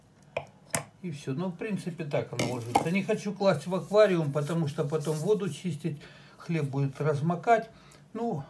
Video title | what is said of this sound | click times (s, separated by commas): Делаем Кормак из ручки кухонного ящика!!! | натур случилось мы подтянули и она цепляя становится на место и все | 0.8 s